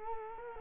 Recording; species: mosquito wingbeat signal from an infrared sensor; Culex quinquefasciatus